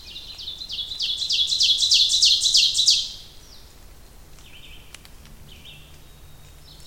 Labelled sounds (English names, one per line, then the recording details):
Ovenbird song
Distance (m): 10 m
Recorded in boreal forest in Alberta, Canada, on 2 June 2016 at 07:25
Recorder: SongMeter 3, array SBT-3-7
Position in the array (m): 80 m, 111 m
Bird 5